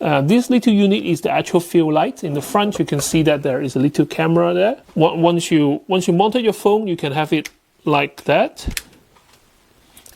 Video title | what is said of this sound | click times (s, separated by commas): Produktbewertung Hohem iSteady M6 Kit Smartphone Gimbal Stabilisator 3-Achsen mit Magnetischer AI-Tr | Clicks in place. | 10.0 s, 10.1 s